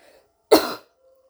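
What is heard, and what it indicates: A single short, abrupt voluntary cough from an adult woman, lasting about a third of a second, with a sharp onset and quick fade, heard in quiet surroundings in a pause between stretches of conversational speech. No wheeze or rattle.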